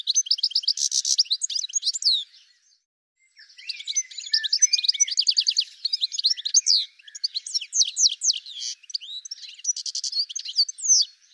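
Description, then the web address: Bird calling with rapid, high chirps and short trills, dense and varied, with a brief pause after about two seconds before the chattering resumes. "cianscape birddata Deverinetal 2025 File cleaned normalized Bird"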